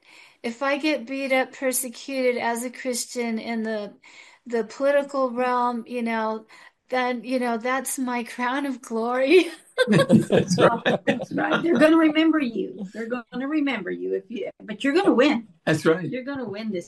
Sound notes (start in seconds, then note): 9.7 laughs; 11.9 laughs